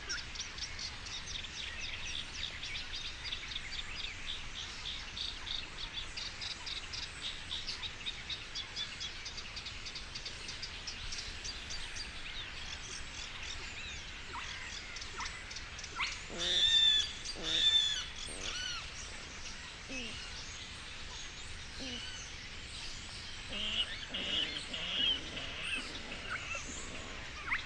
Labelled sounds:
Spotted Crake (Porzana porzana)

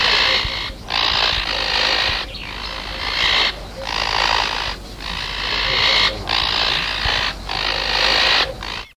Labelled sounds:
Azure-winged Magpie (Cyanopica cyanus) call

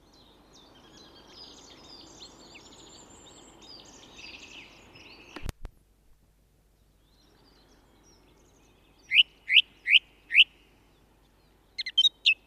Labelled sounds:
Song Thrush (Turdus philomelos) song

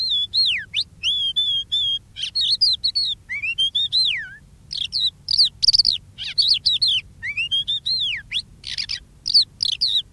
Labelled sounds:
Crested Lark (Galerida cristata) song

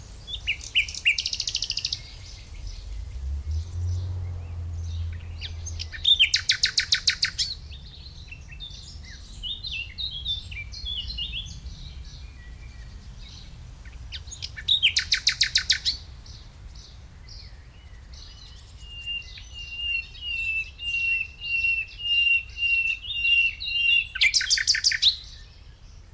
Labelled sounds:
Common Nightingale (Luscinia megarhynchos) song

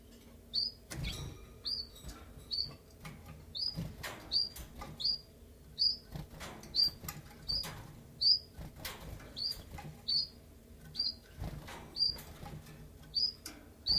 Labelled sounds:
Common Chiffchaff (Phylloscopus collybita)

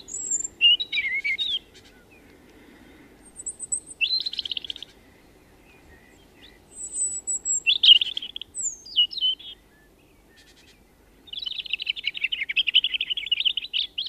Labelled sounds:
European Robin (Erithacus rubecula) song

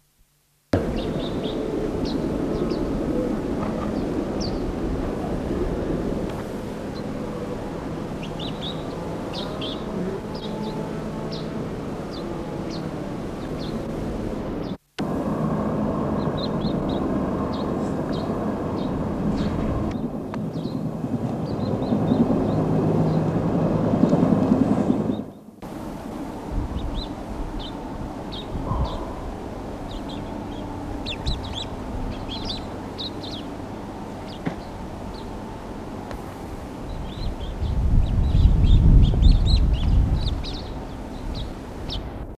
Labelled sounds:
Sinai Rosefinch (Carpodacus synoicus) call

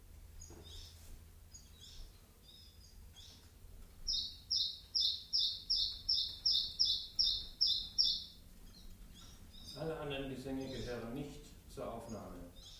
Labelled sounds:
Common Chiffchaff (Phylloscopus collybita)

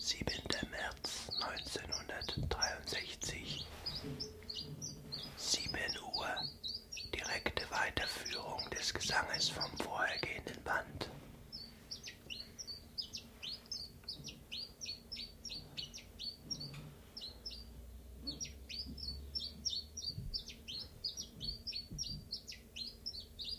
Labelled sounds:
Common Chiffchaff (Phylloscopus collybita)

